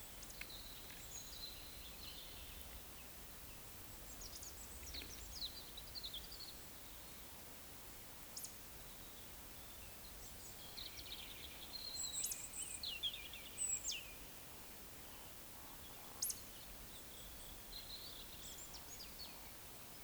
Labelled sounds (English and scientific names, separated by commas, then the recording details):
Eurasian Woodcock (Scolopax rusticola) whistle, Eurasian Woodcock (Scolopax rusticola) croak
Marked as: whistle, whistle, whistle, croak, whistle, croak, whistle, croak
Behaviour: display flight
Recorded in Baden-Württemberg, Germany, on 20 May 2021 at 19:38 UTC
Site 24606, 635 m above sea level